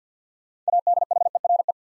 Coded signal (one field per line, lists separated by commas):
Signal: Morse code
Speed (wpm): 48 wpm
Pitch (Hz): 700 Hz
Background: none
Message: ADHERE